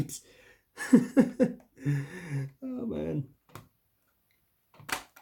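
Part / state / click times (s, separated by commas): model coach body lug in chassis / released / 4.9 s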